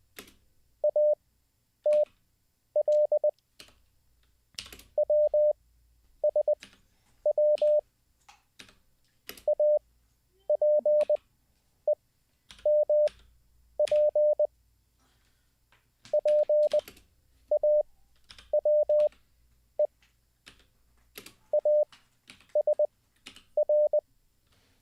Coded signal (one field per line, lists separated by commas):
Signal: Morse code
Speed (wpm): 20 wpm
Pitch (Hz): 600 Hz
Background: none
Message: ATL WSW APEMP PAWE ASR